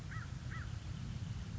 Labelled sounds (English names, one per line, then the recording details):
American Crow
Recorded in Sonoma County, California